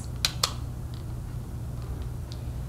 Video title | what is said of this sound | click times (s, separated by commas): COPD Inhaler Techniques Video English 1 Diskus | until it clicks | 0.2 s